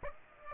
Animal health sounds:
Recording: mosquito wingbeat signal from an infrared sensor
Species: Aedes aegypti

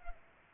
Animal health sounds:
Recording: mosquito wingbeat signal from an infrared sensor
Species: Culex pipiens

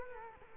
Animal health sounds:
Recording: mosquito wingbeat signal from an infrared sensor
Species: Culex quinquefasciatus

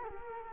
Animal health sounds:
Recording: mosquito wingbeat signal from an infrared sensor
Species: Culex quinquefasciatus

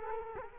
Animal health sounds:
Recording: mosquito wingbeat signal from an infrared sensor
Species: Culex quinquefasciatus

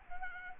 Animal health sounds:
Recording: mosquito wingbeat signal from an infrared sensor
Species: Culex quinquefasciatus

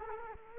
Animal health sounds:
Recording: mosquito wingbeat signal from an infrared sensor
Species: Culex quinquefasciatus

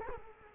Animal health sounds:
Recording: mosquito wingbeat signal from an infrared sensor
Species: Culex quinquefasciatus

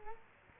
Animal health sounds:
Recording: mosquito wingbeat signal from an infrared sensor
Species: Culex quinquefasciatus

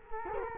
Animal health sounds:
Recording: mosquito wingbeat signal from an infrared sensor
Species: Culex quinquefasciatus

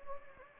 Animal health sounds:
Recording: mosquito wingbeat signal from an infrared sensor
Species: Anopheles gambiae

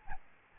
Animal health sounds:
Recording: mosquito wingbeat signal from an infrared sensor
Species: Aedes albopictus

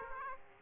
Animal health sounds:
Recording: mosquito wingbeat signal from an infrared sensor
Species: Aedes aegypti

